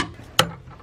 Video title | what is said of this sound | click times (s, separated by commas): Tein Flex Z coilovers for the NA Miata | see hear that click just stop | 0.4 s